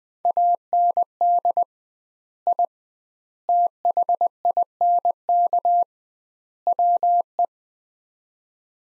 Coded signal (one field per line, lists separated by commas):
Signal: Morse code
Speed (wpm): 20 wpm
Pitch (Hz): 700 Hz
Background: none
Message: AND I THINK WE